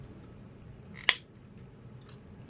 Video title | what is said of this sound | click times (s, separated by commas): Striker Megazord VS Buster Hercules (Beast Morphers/Go-Busters) | just clicks in place | 1.1 s